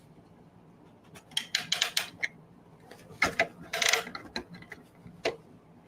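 The top half of a Brother PRCF3 embroidery cap frame is pressed down onto the bottom frame, giving sharp locking clicks at 1.6 and 3.2 seconds amid bursts of rattling plastic mechanism noise. One side is not in its channel, so the top frame is only partly locked and not fully home in the bottom frame.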